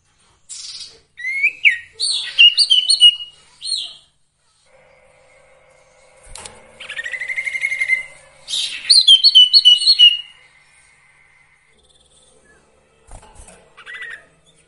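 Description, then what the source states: Sirtu song of varied chirped and trilled phrases with pauses, including a buzzy rising trill; a faint steady tone hums underneath. Songbird training (masteran) with the full range of song variations.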